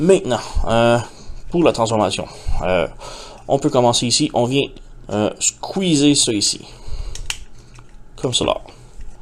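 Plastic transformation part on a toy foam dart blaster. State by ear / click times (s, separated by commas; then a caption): not seated / none. Someone talks while squeezing together a plastic transformation part on an NBK Megatron toy foam dart blaster during its transformation. Brief sharp handling sounds occur around 7.2 and 7.3 seconds. The part has not seated or clicked into place yet.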